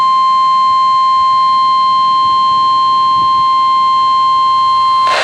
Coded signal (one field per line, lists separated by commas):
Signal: Emergency Alert System (SAME) tones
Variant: 1050 Hz attention tone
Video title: 2026 Ohio Statewide Tornado Drill - EAS Alerts From 3/18/2026 (EAS #592)